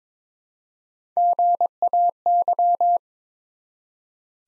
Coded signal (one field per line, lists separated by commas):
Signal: Morse code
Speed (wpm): 22 wpm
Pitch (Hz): 700 Hz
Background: none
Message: GAY